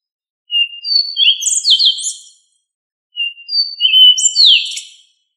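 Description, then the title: Thrush delivering two similar phrases, each opening with a plain whistle and ending in rapid, buzzy high notes. "Familia Turdidae - Sabia"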